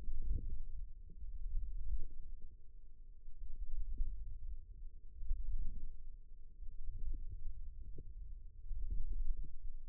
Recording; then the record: forearm muscle sounds (acoustic myography)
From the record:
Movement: wrist extension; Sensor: system 2, bracelet of six BSWA MPA416 microphones around the upper forearm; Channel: 4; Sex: female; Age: 22 years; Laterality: right